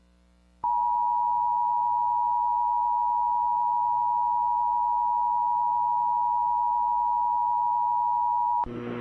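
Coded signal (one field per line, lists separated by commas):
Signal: Emergency Alert System (SAME) tones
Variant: 853 and 960 Hz attention tone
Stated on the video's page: Fictional civil emergency message, an edited simulated alert.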